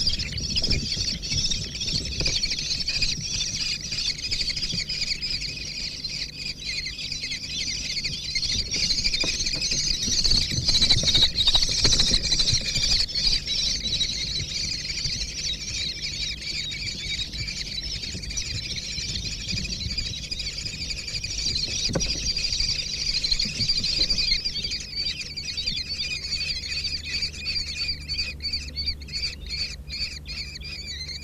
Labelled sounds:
Common Kestrel (Falco tinnunculus) call
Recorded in captivity
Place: Zoo & Tierpark Algermissen, Niedersachsen, DE
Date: 1968-06-09
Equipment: Halbspur, 9,5 cm/s
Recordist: Lütgens, Hans
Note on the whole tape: Fünf Junge im Alter von etwa drei Wochen bei der Fütterung, im Hochsitz

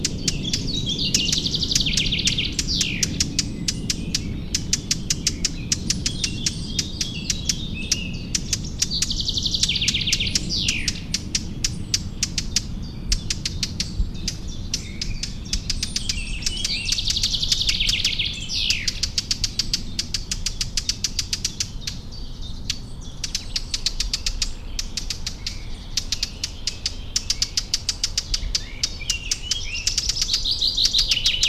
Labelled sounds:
Eurasian Blackcap (Sylvia atricapilla) alarm call
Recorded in the wild
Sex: male
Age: adult
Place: Schönow, Naturpark Barnim, Brandenburg, DE
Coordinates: 52.6931, 13.5403
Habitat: forest
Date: 2006-06-11
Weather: fair, 15°C, no wind
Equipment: Marantz PMD 660, Sennheiser ME 66, K6P
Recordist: Frommolt, Karl-Heinz

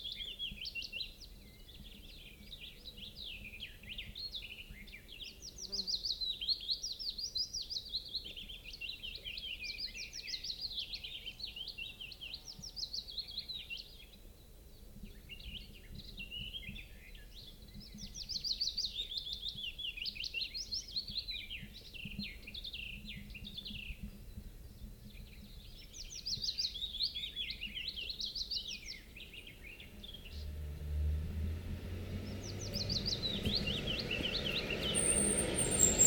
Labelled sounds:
Willow Warbler (Phylloscopus trochilus)
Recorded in the wild
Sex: male
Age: adult
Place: Thumsee, Bayern, DE
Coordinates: 47.7167, 12.8167
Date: 1964-06-03
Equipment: LGS26
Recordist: Faber, A. and Stumbrat

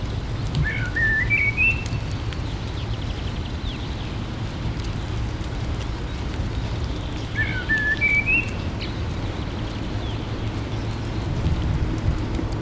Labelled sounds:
Common Blackbird (Turdus merula) song
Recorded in the wild
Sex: male
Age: adult
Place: Garmisch-Partenkirchen, Bayern, DE
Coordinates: 47.4872, 11.1433
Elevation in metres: 879
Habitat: mountains
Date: 1969-04-13
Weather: Schneefall
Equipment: Uher 4000 Report
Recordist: Tretzel, Erwin

